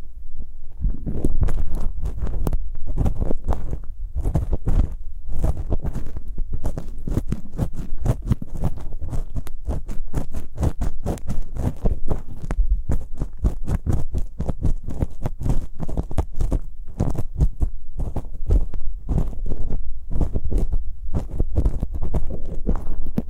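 Ear picking with several props makes dense, rapid scratching and rubbing, full of short crackly ticks that run up into bright highs. A deep muffled thumping underlies it throughout. The activity stays busy and fairly even across the whole stretch, with brief thinner pauses.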